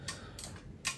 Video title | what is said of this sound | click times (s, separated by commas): D16 and B18 Crankshaft Assembly and Oil Clearances | you hear the clicking sound it's just addicting you know | 0.1 s, 0.4 s